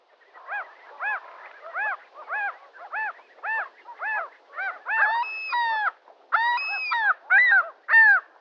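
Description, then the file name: Gull calling: a rapid series of arched, nasal cries, growing louder and longer, with drawn-out wailing notes near the end. "kamome"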